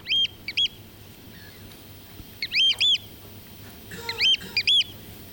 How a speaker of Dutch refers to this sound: Een andere, de schoolekster.